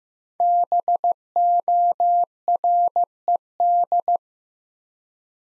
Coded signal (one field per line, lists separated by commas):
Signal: Morse code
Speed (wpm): 15 wpm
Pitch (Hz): 700 Hz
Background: none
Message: BORED